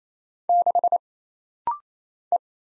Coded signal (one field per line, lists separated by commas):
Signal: Morse code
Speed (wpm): 27 wpm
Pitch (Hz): 700 Hz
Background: none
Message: 6 E